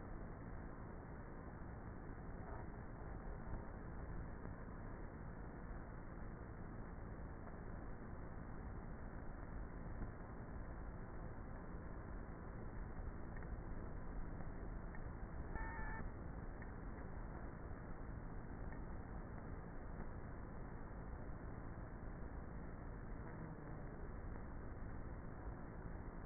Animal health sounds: honeybee colony, microphone inside the hive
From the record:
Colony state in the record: queenless with a low population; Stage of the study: before two queens were removed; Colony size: about 30,000 bees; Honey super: no

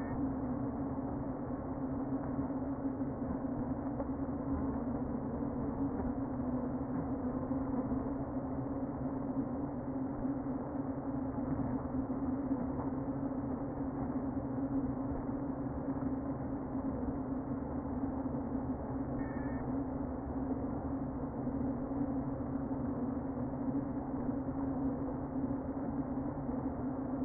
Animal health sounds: honeybee colony, microphone inside the hive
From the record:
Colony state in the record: queen present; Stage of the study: before two queens were removed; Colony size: about 60,000 bees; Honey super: yes

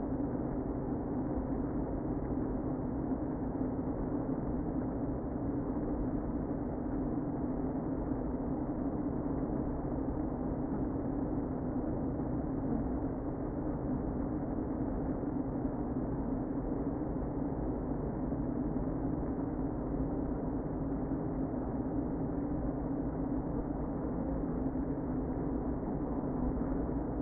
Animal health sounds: honeybee colony, microphone inside the hive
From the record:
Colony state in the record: queen present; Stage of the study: before two queens were removed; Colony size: about 60,000 bees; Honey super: yes

